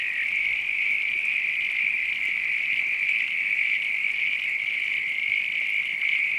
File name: AMBIENCE NIGHT COUNTRY FROGS RAIN FARM ANIMALS LOOP